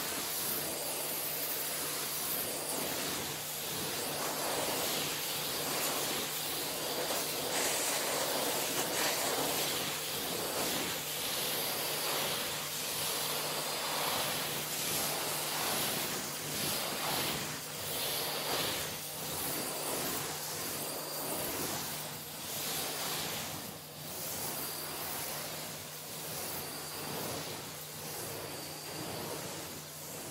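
A head spa session with hair washing, brushing and massage: a dense, steady wash of hissing, rushing sound fills the whole clip at an even loudness. Soft scratchy strokes and brief brushing bursts recur throughout, over a faint low steady hum.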